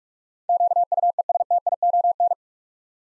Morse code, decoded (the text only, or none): QUESTION